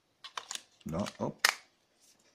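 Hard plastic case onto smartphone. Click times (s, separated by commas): 0.4 s, 0.6 s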